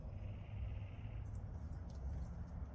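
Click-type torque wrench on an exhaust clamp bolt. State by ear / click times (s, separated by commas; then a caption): not seated / none. A click-type torque wrench set to 40 ft-lb is pulled on the exhaust clamp bolt on the other side of a 2025 Tacoma during a trail exhaust install. A steady low rumble fills the clip, with only a faint brief tick near 1.4 s. The wrench does not click, even though the pull feels like more than 40 ft-lb.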